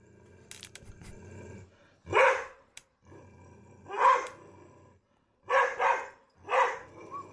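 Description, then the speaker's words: Beauceron barking: several loud barks, two of them close together, with fainter noise before the first. Loud, fierce alert bark. "So it's a pretty, you know, fierce alert bark, I would say."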